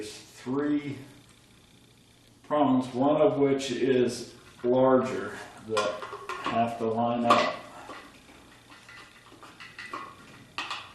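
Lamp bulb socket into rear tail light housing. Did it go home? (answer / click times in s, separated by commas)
yes / 10.6 s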